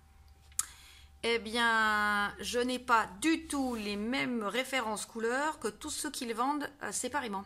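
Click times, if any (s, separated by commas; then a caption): 0.6 s. The plastic lid of an alcohol marker storage box is clipped shut, and it seats with a sharp click at 0.6 s. Someone talks for the rest of the clip.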